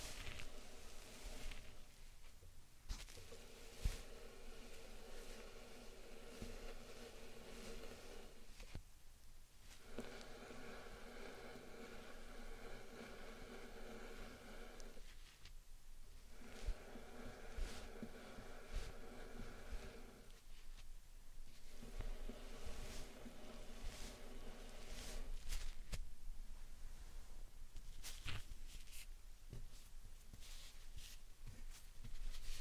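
Slime and sand are squished and worked in steady, crackly passes full of fine crunching and scattered sharp pops. Short quieter breaks come roughly every five to six seconds, near 2, 9, 15, 20 and 26 seconds.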